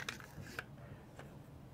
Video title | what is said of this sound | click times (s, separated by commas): How to: PSA M16A1 Barrel on a Vintage 1970’s Colt Upper | and then it clicks into place like that that way | 0.1 s, 0.6 s